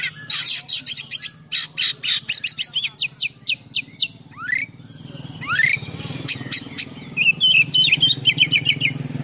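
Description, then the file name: Oriental magpie-robin singing a fast, varied run of harsh buzzy notes and clear upslurred whistles, with a low steady hum underneath. Full song with imitations, described as gacor (singing persistently) with full isian (mimicked filler songs). "KACER GACOR FULL ISIAN MEWAH"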